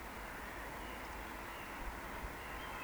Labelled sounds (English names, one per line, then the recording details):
Eurasian Woodcock
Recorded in Baden-Württemberg, Germany, on 17 June 2020 at 19:46 UTC
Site 14569, 102 m above sea level